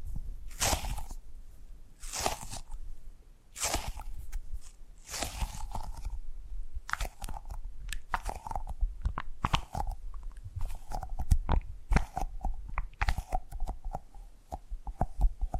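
Tapping and gripping sounds: crisp, crunchy bursts every second or two, later quickening into denser, rapid clicks and rustling taps.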